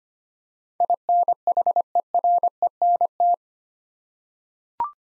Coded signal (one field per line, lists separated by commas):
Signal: Morse code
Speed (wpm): 25 wpm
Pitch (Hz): 700 Hz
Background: none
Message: INHERENT